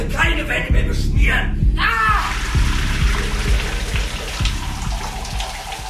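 Shower water runs in a steady, hissing spray for the whole stretch, with muffled vocal sounds near the start and soft irregular thumps of water splashing below.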